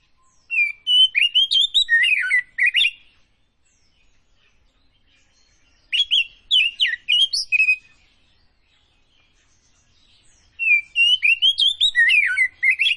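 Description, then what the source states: Oriental magpie-robin song: three bursts of quick, varied whistled and buzzy notes, each lasting about two seconds and separated by pauses of several seconds. Kacer Tretes type, singing prolifically (gacor).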